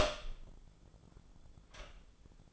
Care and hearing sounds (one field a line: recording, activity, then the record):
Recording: daily activity, microphone in the room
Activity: open door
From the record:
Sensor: 5